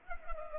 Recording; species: mosquito wingbeat signal from an infrared sensor; Culex pipiens